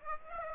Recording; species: mosquito wingbeat signal from an infrared sensor; Aedes aegypti